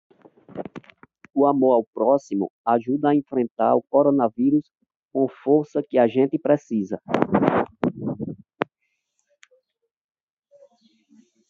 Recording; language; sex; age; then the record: spoken sentence; Brazilian Portuguese; male; 40 to 49 years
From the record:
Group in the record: control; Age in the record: 45 years